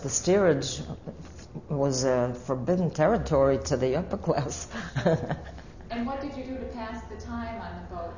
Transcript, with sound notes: The steerage was forbidden territory to the upper class. (She laughs.)
Sure. And what did you do to pass the time on the boat?